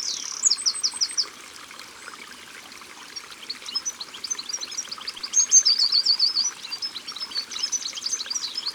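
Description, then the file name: Short-toed treecreeper song: several phrases of thin, high, rhythmic notes over steady rushing stream noise. Recorded by the water. "Grimpereau des jardins Au bord de leau"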